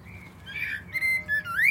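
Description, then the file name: Common blackbird song: soft mellow whistles building to a clearer fluty phrase and a final rising note. "Turdus merula"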